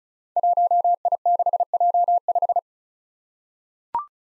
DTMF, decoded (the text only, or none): none